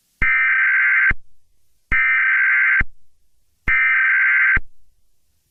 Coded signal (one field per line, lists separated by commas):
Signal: Emergency Alert System (SAME) tones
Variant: header bursts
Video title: NUCLEAR MELTDOWN - An EAS Scenario